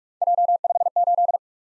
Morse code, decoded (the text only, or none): J58